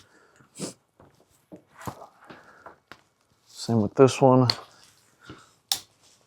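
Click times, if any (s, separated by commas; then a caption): 5.7 s. A corner bracket is pushed into the next corner of a Godox F400R LED light panel frame while someone talks, with scattered small handling taps along the way. One strong, sharp snap at 5.7 s marks the bracket seating, and the frame corner locks home.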